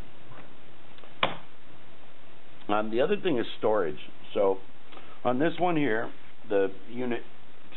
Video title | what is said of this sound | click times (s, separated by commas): Videolink TC2GO Showcase Case Comparison | It's got to be unlocked. | 1.2 s